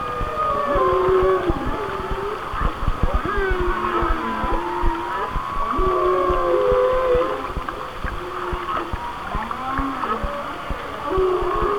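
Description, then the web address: Whale song with a series of low arching moans and higher warbling tones, over dense crackling clicks. "Natures Songs Whale Songs Whale Songs- Mike Mc Donald"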